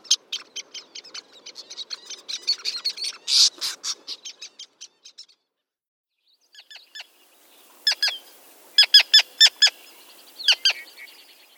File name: Least Tern